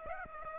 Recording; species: mosquito wingbeat signal from an infrared sensor; Aedes aegypti